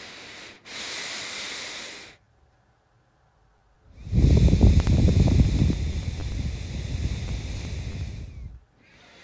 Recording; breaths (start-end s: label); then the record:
nose breathing near a microphone
0.00-2.28 s: inhalation
3.91-8.44 s: exhalation
8.44-9.24 s: inhalation
From the record:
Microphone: phone